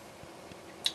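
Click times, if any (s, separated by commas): 0.9 s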